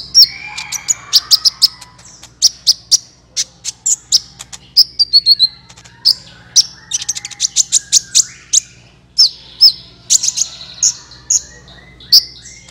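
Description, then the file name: Van Hasselt's Sunbird song: lively, high-pitched chirps and quick ticks repeated steadily throughout, fairly evenly spaced. "suara kolibri ninja"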